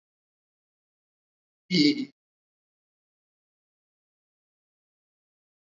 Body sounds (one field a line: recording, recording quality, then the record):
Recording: sustained vowel as in beet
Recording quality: excellent, no background noise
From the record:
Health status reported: COVID-19 positive, mild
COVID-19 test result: positive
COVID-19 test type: RT-PCR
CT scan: not taken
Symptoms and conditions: cough, fatigue, muscle pain, hypertension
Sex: male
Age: 35 years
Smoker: yes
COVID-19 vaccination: both doses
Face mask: worn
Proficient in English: yes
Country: India